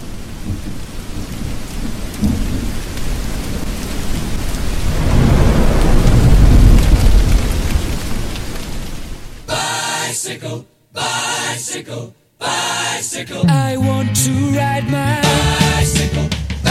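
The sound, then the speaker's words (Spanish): Steady, hissing rain of a summer thunderstorm pours while a deep roll of thunder swells and rumbles through the middle, then the storm cuts off abruptly into a bright, tonal jingle with short breaks. “Bienvenido a las tormentas de verano de Radio Cabezas de Tormenta”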